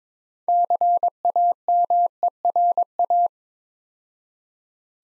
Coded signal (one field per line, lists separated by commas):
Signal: Morse code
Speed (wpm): 22 wpm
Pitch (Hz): 700 Hz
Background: none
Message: CAMERA